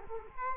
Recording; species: mosquito wingbeat signal from an infrared sensor; Culex quinquefasciatus